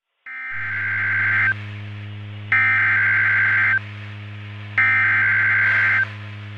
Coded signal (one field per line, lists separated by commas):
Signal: Emergency Alert System (SAME) tones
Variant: header bursts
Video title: Summers Day (EAS Scenario)